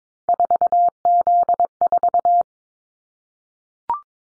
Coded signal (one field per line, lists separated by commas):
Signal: Morse code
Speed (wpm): 22 wpm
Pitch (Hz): 700 Hz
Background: none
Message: 4Z4